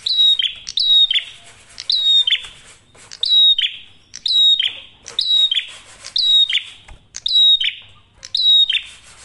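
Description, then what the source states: Prinia singing loud, high chirpy phrases that slide downward, delivered about once per second in a lively series over a quiet background. Masteran tutor audio of prenjak merah for training songbirds; singing actively with a clear voice; said to make other prinias call within five seconds.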